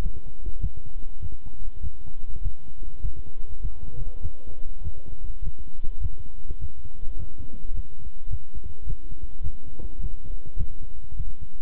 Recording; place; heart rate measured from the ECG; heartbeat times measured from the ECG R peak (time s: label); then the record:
heart sounds by stethoscope; between the tricuspid and mitral areas; 102 bpm
0.01 s: heartbeat
0.59 s: heartbeat
1.19 s: heartbeat
1.80 s: heartbeat
2.41 s: heartbeat
3.00 s: heartbeat
3.60 s: heartbeat
4.20 s: heartbeat
4.81 s: heartbeat
5.41 s: heartbeat
5.99 s: heartbeat
6.59 s: heartbeat
7.16 s: heartbeat
7.73 s: heartbeat
8.28 s: heartbeat
8.85 s: heartbeat
9.41 s: heartbeat
9.99 s: heartbeat
10.56 s: heartbeat
11.15 s: heartbeat
From the record:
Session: walking at 3.7 km/h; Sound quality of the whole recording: good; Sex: male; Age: 26 years